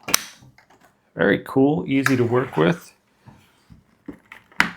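A plastic water tank is pushed back into the body of an Uwant D100 wet-dry vacuum and seats with a loud, sharp snap at 0.1 s. Someone then talks, and a few quieter taps follow before another sharp click near the end.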